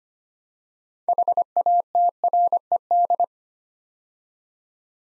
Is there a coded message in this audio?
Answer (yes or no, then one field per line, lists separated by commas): yes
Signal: Morse code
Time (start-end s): 1.1-3.2 s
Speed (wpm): 25 wpm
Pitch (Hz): 700 Hz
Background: none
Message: HATRED